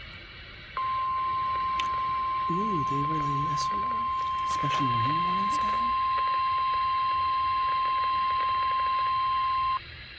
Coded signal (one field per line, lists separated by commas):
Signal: Emergency Alert System (SAME) tones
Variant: 1050 Hz attention tone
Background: speech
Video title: PINE TREES, GRANITE, AND SMWs (EAS #117) Special Marine Warning